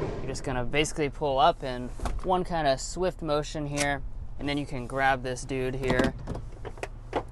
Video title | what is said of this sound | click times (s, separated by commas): 2023 Kia Carnival // Does this BEAT Toyota Sienna?? (2023 Upgrades!) | it will all just kind of lock into place here when you let go | 6.8 s